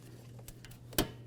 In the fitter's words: once you're sure it's locked in go ahead and take this plastic and lock it in completely